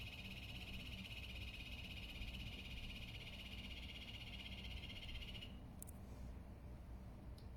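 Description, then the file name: Yellow-banded poison dart frog giving a sustained, rapidly pulsed high trill that stops after about five seconds, with low background rumble throughout. Recorded at Cerro Autana. "leucomelas cerro autana calling"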